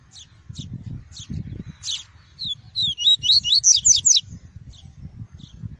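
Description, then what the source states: Double-collared seedeater song: a few soft introductory chips, then a rapid run of bright sweeping whistled notes over low rumble. "Tui-tui" song variety.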